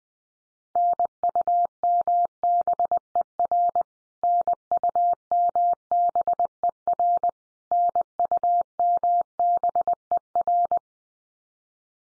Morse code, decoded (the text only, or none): NUMBER NUMBER NUMBER